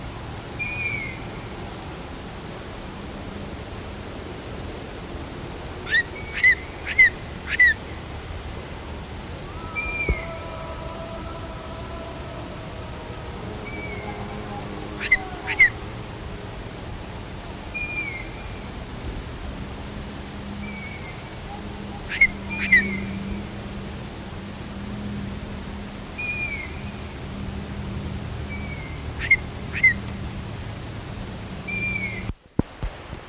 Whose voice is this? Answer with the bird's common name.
Long-eared Owl